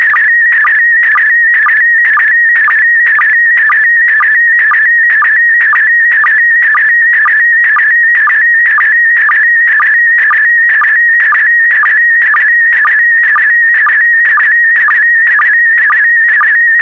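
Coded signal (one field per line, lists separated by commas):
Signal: SSTV (slow-scan television)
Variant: PD120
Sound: warbling, chirping tone near 2 kHz with short low blips about twice a second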